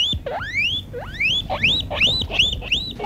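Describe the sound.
Guinea pig squeaks: several loud whistled wheeks in quick succession, each sweeping sharply upward and ending high.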